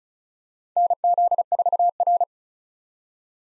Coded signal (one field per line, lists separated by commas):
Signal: Morse code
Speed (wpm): 36 wpm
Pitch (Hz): 700 Hz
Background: none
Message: NZ4R